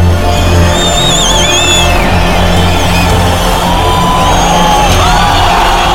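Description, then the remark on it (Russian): A loud ice hockey arena crowd of Canadian spectators roars continuously, whistling at the visiting team as it comes onto the ice, with shrill whistles sliding up and down above the dense wall of yelling and shouting throughout. “Канадские зрители встречают команду свистом.”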